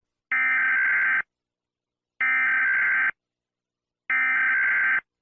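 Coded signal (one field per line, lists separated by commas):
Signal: Emergency Alert System (SAME) tones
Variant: header bursts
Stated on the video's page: Simulated EAS scenario alert.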